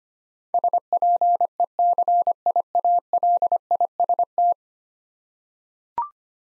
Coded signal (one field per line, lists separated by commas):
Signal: Morse code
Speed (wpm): 25 wpm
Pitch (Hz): 700 Hz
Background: none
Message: SPECIALIST